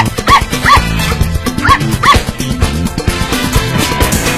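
A small dog gives four short, high-pitched barks in two quick pairs, yipping over a steady bed of background music.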